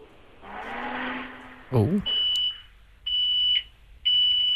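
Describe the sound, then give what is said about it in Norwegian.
An older microwave oven hums as it runs during a guessing game, then stops with a click and gives three long, steady, high-pitched beeps, evenly spaced. “hvad er det for en mikroovn?”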